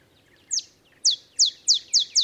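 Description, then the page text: Olive sparrow song opening: loud, sharply downslurred chips, widely spaced at first and beginning to quicken. Simple songs likened to a field sparrow's bouncing ball song; early morning in Texas, 50 miles north of the Mexican border. "Olive sparrow. Recording early morning just 50 miles north of the Mexican border in Texas"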